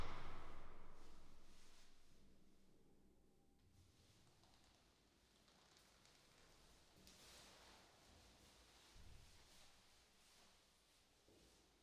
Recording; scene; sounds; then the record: everyday scene through a hearing-aid microphone; reverberant space; background noise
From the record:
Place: staircase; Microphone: in the ear canal, right